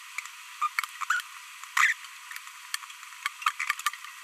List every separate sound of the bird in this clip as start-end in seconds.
0.62-0.67, 1.10-1.20, 1.77-1.93